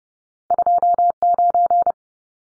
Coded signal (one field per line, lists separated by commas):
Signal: Morse code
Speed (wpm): 30 wpm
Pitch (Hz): 700 Hz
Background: none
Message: 29